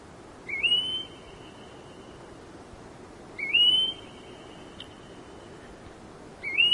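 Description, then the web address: Red-browed goldfinch: high-pitched, sliding whistled calls, three in a row about three seconds apart, with a quiet hissing background. "red browed goldfinch bird call"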